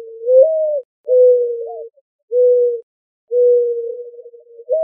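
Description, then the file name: Mourning dove, soft drawn-out coos, the first rising slightly, followed by several more level notes with short gaps. Arizona, 28 April 2004. "AZFO MODO 4 deviche"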